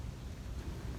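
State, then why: Not seated. A new diesel fuel filter element with a fresh o-ring is pushed with decent force into its fuel filter housing cap on a 2017 Duramax 6.6L LP5 diesel. Only a steady low rumble and broadband noise is heard, with no distinct pop. The filter has not popped into place yet.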